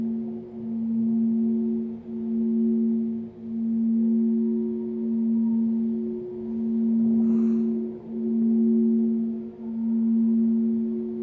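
Crystal bowls hold a steady, pure low tone with a second clear pitch above it, swelling and dipping in slow waves about every one and a half seconds. A brief soft rustle flickers through around seven seconds, otherwise the drone stays unbroken.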